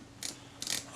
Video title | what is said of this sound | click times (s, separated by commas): The basement dweller, part 04 | can hear that ratchet clicking into position | 0.2 s, 0.6 s, 0.7 s